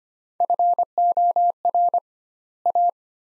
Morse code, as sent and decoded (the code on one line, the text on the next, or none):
..-. --- .-. / .-
FOR A